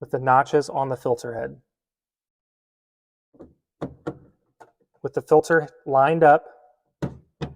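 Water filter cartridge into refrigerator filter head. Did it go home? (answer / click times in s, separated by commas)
no / none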